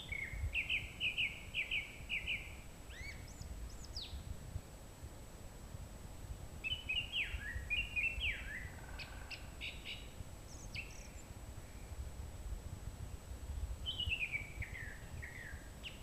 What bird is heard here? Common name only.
Song Thrush